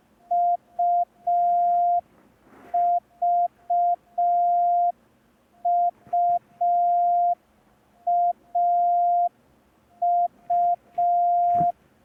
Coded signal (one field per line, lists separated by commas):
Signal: Morse code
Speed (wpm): 5 wpm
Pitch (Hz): 700 Hz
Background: none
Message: UVUAU